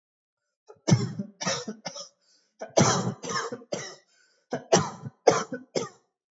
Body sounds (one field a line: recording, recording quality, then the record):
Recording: heavy voluntary cough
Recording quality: excellent, no background noise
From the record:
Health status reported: healthy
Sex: male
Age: 25 years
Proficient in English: yes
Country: India